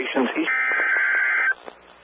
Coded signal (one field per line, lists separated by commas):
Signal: Emergency Alert System (SAME) tones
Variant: header bursts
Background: speech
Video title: EAS Tsunami Drill (Required Monthly Test) Los Angeles, California NOAA Weather Radio